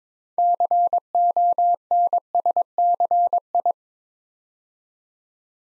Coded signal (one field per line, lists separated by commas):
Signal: Morse code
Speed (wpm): 22 wpm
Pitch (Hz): 700 Hz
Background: none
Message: CONSCI